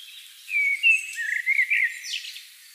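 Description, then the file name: Common blackbird producing a flowing run of fluted whistles that ends in a scratchy squeak. "Turdus merula"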